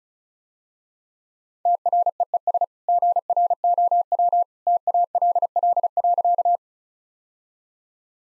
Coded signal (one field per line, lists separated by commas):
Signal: Morse code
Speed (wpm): 36 wpm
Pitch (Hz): 700 Hz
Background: none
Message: TREES GROW TALL.